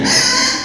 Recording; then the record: squeal of a Yucatan mini pig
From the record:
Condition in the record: before surgery on the right vocal fold (resection and tissue-engineered implant); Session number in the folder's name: 2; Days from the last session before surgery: 0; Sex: male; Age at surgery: 12 weeks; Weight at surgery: 13 kg